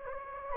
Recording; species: mosquito wingbeat signal from an infrared sensor; Anopheles gambiae